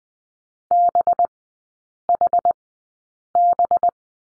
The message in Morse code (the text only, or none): BHB